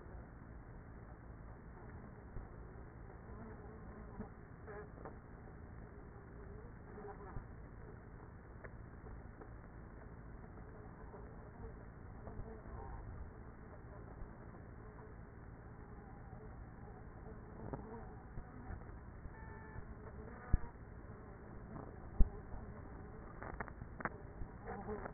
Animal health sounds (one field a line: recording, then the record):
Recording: honeybee colony, microphone inside the hive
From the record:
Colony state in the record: queenless with a low population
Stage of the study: after two queens were removed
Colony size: about 30,000 bees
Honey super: no